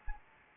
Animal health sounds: mosquito wingbeat signal from an infrared sensor; Anopheles arabiensis

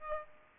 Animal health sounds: mosquito wingbeat signal from an infrared sensor; Aedes aegypti

